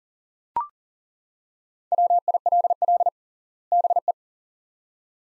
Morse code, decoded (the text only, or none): WILL BE